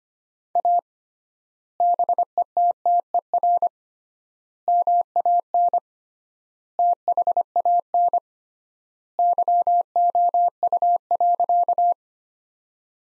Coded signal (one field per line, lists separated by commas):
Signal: Morse code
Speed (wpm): 25 wpm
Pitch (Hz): 700 Hz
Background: none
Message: A BETTER MAN THAN YOU.